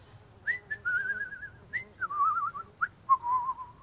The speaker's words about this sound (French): Je me suis mis à siffloter, comme ça, l'air tout content.